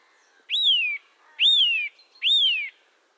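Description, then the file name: Eurasian nuthatch whistling three times, each note a quick upward swoop easing into a long descending slur, with a faint thin background tone. "Sitta europaea"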